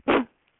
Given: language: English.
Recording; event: throat vibration sensor signal played as sound; cough